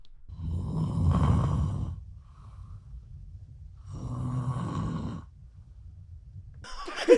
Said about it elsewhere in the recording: 5 minutes after she went to sleep. You're snoring so loud.